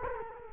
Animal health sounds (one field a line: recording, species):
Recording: mosquito wingbeat signal from an infrared sensor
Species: Culex quinquefasciatus